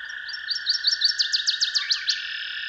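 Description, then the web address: Northern waterthrush singing: rising chip notes lead into roughly eight loud, slurred descending notes, followed by a brief lower note, over steady ambient hum. "Dan Gibson's Solitudes Songbirds. Northern Waterthrush"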